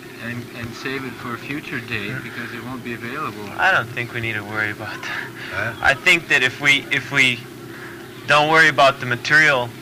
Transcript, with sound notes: and save it for a future date, because it won't be available... I don't think we need to worry about that. [laughs] Eh? I think that if we, if we don't worry about the material